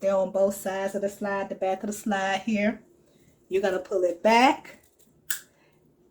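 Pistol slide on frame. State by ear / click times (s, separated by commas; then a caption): released / 5.3 s. Someone talks while pulling a pistol slide back on its frame by the grip grooves during takedown. A sharp click comes at 5.3 s, and the slide is released so it can go forward and come off the frame.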